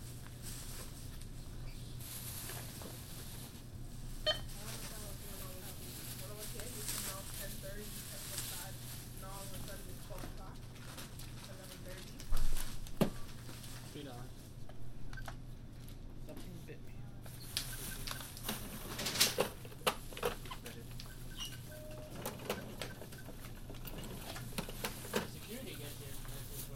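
A night walk along a city street with a steady low hum, voices, scattered footsteps and clatter, and sharp knocks around twelve seconds.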